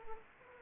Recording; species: mosquito wingbeat signal from an infrared sensor; Anopheles gambiae